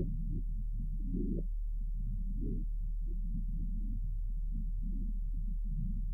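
Normal lung sounds heard by stethoscope over the chest of a healthy 4-month-old foal. With increasing age, the loudness of the lung sounds in the healthy foal decreases markedly, especially on expiration.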